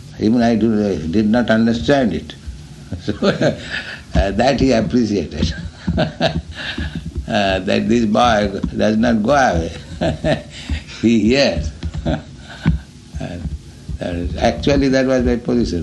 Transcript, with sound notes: Even I did not understand it. That he appreciated, [laughs] that "This boy does not go away. He hears." And actually that was my position.